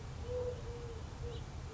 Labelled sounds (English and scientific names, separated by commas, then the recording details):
Eurasian Collared Dove (Streptopelia decaocto)
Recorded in Sonoma County, California